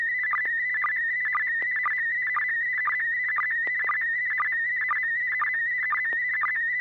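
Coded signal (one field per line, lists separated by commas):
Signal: SSTV (slow-scan television)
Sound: warbling high tone around 2 kHz with rhythmic short low chirps twice a second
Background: low hum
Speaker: This net serves for training and practice in image transmission modes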